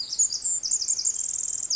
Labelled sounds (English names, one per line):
Pacific Wren